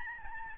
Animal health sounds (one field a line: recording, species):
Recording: mosquito wingbeat signal from an infrared sensor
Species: Aedes albopictus